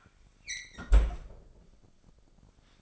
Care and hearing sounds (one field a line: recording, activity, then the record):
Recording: daily activity, microphone in the room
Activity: close fridge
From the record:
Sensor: 5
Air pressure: 995.3 hPa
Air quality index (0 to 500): 95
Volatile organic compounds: 5 ppm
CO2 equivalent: 1791 ppm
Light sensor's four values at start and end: 37/88/36/36 and 34/81/33/33